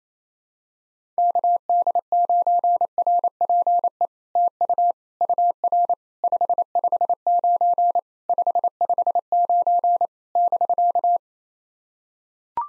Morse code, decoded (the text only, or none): KD9RPE TU UR 559 559 <BK>